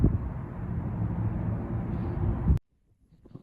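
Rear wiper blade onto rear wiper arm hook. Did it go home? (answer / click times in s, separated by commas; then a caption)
no / none. A rear wiper blade is slid under the hook of the rear wiper arm and lined up before being pushed home, giving plastic and metal handling sounds over a steady low rumble of noise that cuts off abruptly at about 2.6 s. Only faint, quiet sounds follow to the end. Nothing has seated or clicked yet.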